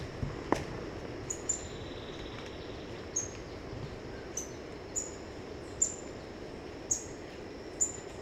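White-browed foliage-gleaner repeating sharp, high-pitched chip notes about every second, each with a quick falling tail, plus one brief knock early on and steady background noise.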